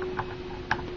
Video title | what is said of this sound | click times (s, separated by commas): MagJumper | they snap right in | 0.7 s